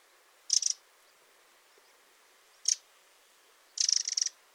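Eurasian wren calling in three bursts: a short ticking rattle, a single sharp tick two seconds later, then a longer churring rattle of rapid high ticks.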